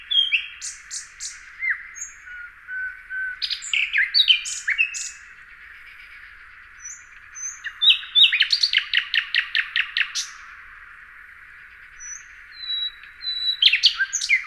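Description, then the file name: Common nightingale song with varied phrases: whistled notes, a long run of rapid repeated notes, soft pauses, and high whistles. "Luscinia megarhynchos"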